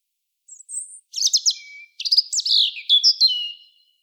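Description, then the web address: European robin giving a very high, thin opening, then a varied chain of warbled, tinkling notes and slurred whistles, loud and clear. "SETE Erithacus rubecula"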